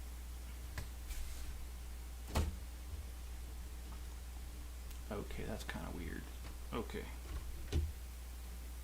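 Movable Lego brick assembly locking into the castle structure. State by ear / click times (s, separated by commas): seated / 7.7 s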